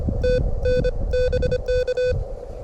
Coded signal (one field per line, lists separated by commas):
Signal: Morse code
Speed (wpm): 25 wpm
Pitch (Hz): 1500 Hz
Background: none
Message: TN BK